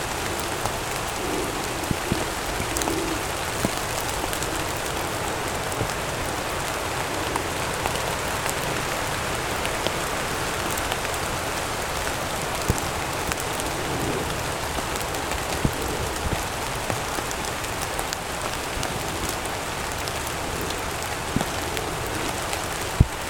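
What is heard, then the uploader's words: Rain falls steadily in a forest, a dense, even hiss that holds the same level throughout. Individual drops tick sharply every second or so, scattered over the wash, with a soft low rumble underneath. Relaxing Forest in the Rain | New Forest National Park. This binaural field recording captures the essence of the forest at its most peaceful. Sounds of the forrest in the rain.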